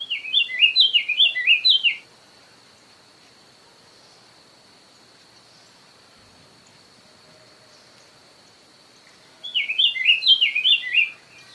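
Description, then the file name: Diademed tanager singing two short bursts of rapid, warbled, downslurred notes, separated by roughly seven seconds of quiet with a steady high hum. "sanhaco frade"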